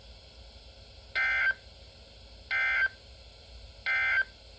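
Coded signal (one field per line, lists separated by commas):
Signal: Emergency Alert System (SAME) tones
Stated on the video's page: Quadruple SAME header, a tornado warning and three severe thunderstorm warnings, from a Columbus, Ohio weather radio station.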